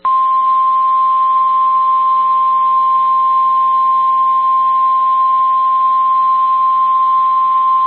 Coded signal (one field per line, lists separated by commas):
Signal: Emergency Alert System (SAME) tones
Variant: 1050 Hz attention tone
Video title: EAS Child Abduction Emergency (AMBER Alert) Gonzales, Texas Statewide Alert